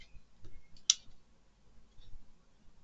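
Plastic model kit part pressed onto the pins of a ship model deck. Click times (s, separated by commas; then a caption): 0.9 s. A small plastic part from a ship model kit is pressed onto its locating pins on the deck. It gives one sharp, short click at 0.9 s against quiet background noise, and the part seats into place.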